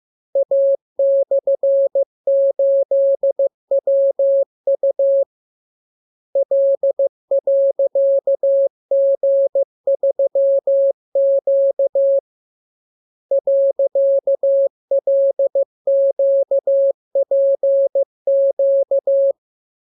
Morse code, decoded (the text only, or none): A/8WU L.G3Q .LQPQ